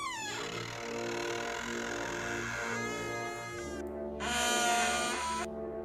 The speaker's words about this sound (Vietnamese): Hít một hơi sâu lắm, tôi đẩy cánh cửa và cái tiếng ken két phát ra cùng với cái ánh sáng vàng vọt đang soi chiếu.